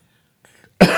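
A faint breath from an adult man, then one abrupt, forceful, laboured cough bursts in and is cut off at the end.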